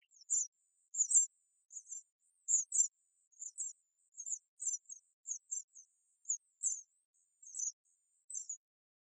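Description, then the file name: House sparrow calls, a string of short sharp chirps, some doubled, spaced unevenly throughout. "Passer domesticus"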